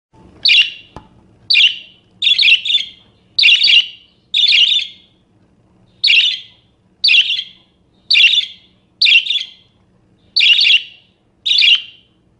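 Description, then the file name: Parakeet giving harsh, buzzy screeching calls, roughly one per second, some doubled into quick pairs, with a faint low hum underneath. "suara burung parkit. omkicau"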